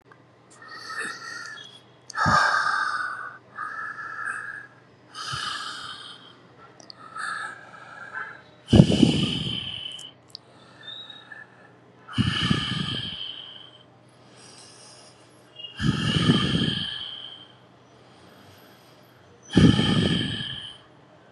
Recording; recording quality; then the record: deep breathing; excellent, no background noise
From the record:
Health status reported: COVID-19 positive, mild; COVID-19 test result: positive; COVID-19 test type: RT-PCR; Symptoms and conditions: cough, sore throat, hypertension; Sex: male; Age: 61 years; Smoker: no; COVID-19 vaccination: both doses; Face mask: not worn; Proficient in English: yes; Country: India